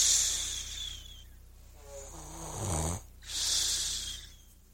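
Snoring from an adult sleeper: a low, rattling inhaled snore builds and then breaks into a loud, hissing breath.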